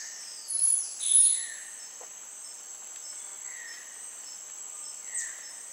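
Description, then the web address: Snethlage's marmoset giving two brief, very high thin whistles early on, over a steady insect drone, with soft lower descending notes scattered through. Primate recorded in a South American rainforest. "Natures Songs S America Primates of the Rainforest Snethlage's marmoset"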